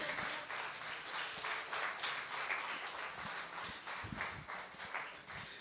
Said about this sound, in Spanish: Alaba lo que Él vive. ¿Cuánto le dan un aplauso al Señor?